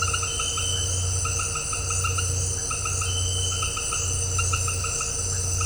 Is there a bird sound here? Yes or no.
no